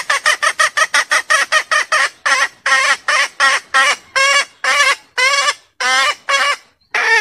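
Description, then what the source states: Junglefowl hen calling in a rapid series of short harsh squawks that slow into longer, strained, drawn-out cries. Female asking to mate.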